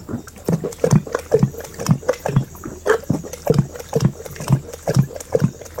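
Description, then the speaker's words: Lion drinking, rhythmic lapping repeated roughly twice a second, continuing steadily. Lion drinking at the edge of a waterhole in Kenya, picked up by microphones left there. "Le lion qui devait boire, en fait. Qui se raclait la gorge après avoir pris une grande quantité d'eau."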